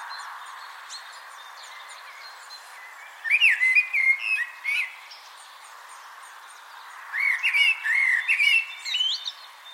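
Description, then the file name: Eurasian blackbird song: two mellow fluted phrases, warbling low then ending in thin, squeaky high twitters, separated by a few seconds of quiet. "Turdus merula"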